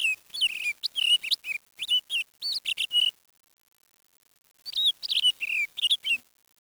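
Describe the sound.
Bird chirps, a quick series of high, sharp rising and falling notes in two bursts separated by a silent pause of over a second.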